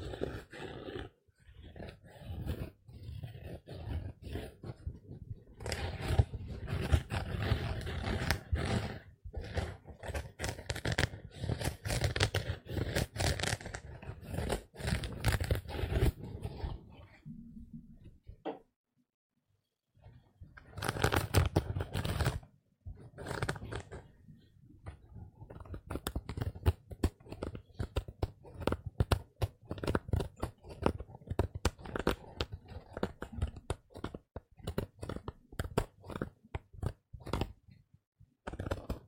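A sponge scrubs against a surface in a long run of dense, rough scratching strokes, full and low with a crisp upper edge. The rubbing pauses briefly around 18 to 20 seconds and again near 23 seconds, then resumes at a similar steady, busy pace.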